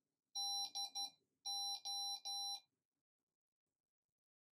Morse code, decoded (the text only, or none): DO